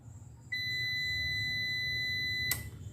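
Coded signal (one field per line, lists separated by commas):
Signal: beep code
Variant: UPS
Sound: one long steady high beep lasting about two seconds, ending with a click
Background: low hum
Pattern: 1 long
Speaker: नई बैटरी पे ये ऑन हो गया है और बैकअप का सिंबल भी चल रहा है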